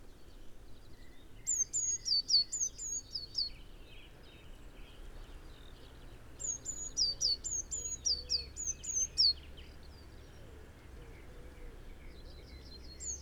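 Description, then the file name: Eurasian blue tit uttering two short series of very high notes, level and falling, then starting another at the end, over a low rumble of background noise. "Cyanistes caeruleus"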